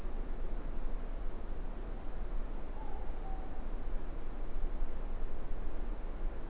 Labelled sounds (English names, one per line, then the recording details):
Morepork more-pork call
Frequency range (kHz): Morepork 0.7-1.0 kHz
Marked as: faintness 4/5
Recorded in New Zealand
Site Eglinton